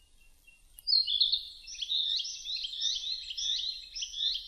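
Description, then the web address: Narcissus flycatcher song, a rapid string of several rising and falling whistled phrases, bright and rhythmic. Recorded 2 May 2005. "2005 050502 kibitaki"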